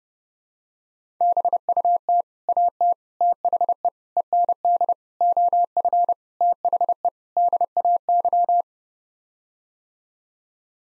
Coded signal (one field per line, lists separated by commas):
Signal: Morse code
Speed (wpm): 28 wpm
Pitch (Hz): 700 Hz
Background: none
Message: BUT AT THE END OF THE DAY